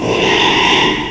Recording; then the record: squeal of a Yucatan mini pig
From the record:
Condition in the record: after surgery on the right vocal fold (resection and tissue-engineered implant); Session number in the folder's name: 1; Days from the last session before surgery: 6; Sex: male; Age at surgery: 12 weeks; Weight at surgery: 13 kg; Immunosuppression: cyclosporine, prednisolone